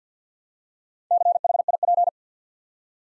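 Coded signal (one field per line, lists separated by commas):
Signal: Morse code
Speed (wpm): 50 wpm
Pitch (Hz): 700 Hz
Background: none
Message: CHIP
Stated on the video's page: Morse practice set at 50 wpm, building 4-letter words two letters at a time, for instant character recognition.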